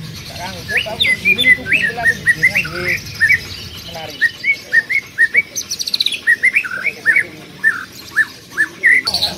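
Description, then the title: Bird song: a steady stream of short whistled chirps, many quickly rising or dipping, with a brief noisy burst midway. "Kicau Burung"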